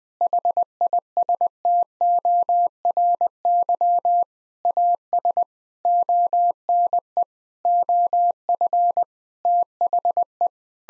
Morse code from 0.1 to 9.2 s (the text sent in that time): HISTORY AS ONE OF